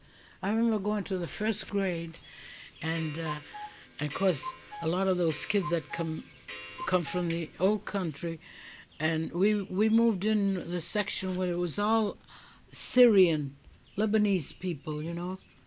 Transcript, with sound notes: I remember going to the first grade and, of course, ( a cuckoo clock chimes ) a lot of those kids that come from the old country, and we moved in the section where it was all Syrian, Lebanese people, you know.